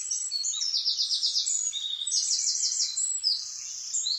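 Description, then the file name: Eurasian wren song, a rapid run of very high, bright notes with two fast trills around the middle, bubbling on without pause. "Troglodytes troglodytes"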